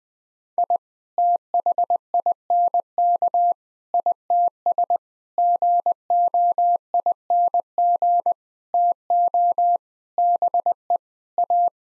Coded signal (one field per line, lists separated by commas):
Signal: Morse code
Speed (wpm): 21 wpm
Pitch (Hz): 700 Hz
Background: none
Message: I THINK ITS GOING TO BE A